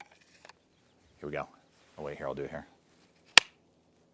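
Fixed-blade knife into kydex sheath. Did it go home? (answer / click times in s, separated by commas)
yes / 3.4 s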